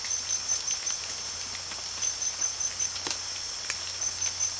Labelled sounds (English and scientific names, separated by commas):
none